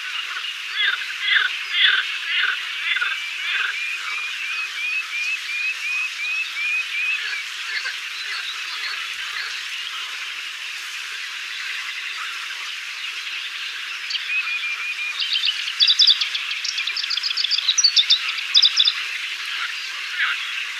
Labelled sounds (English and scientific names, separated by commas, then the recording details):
Moustached Warbler (Acrocephalus melanopogon) song
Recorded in the wild
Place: Damtschik/Wolgadelta, RU
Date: 1995-05-13
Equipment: Dat-Recorder Casio DA 7, Telinga DAT, Telinga-Parabolspiegel
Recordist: Schwarz, Dieter